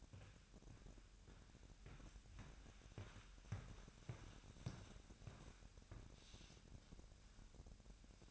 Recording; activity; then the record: daily activity, microphone in the room; walk to room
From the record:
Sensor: 2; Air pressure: 1012.1 hPa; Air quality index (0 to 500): 161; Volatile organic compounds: 2 ppm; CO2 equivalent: 1159 ppm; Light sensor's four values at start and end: 82/194/80/78 and 74/179/73/71